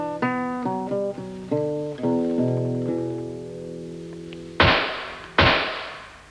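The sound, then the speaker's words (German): A short passage of soft, sustained music notes fades out, then two loud, sharp pistol shots, fired at the Meierling hunting lodge, property of Archduke Rudolf, Crown Prince of Austria-Hungary, crack out less than a second apart, each leaving a brief fading tail. “Hast du gehört? Zwei Pistolenschüsse.”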